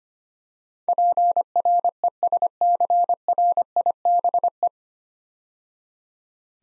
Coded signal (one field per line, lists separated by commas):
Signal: Morse code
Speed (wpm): 25 wpm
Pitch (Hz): 700 Hz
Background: none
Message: PRESCRIBE